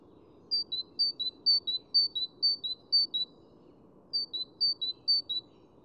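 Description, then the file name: Great tit song: two strophes of clear high two-note phrases, a higher note then a lower one, repeated rhythmically, with a pause between strophes. "Parus major"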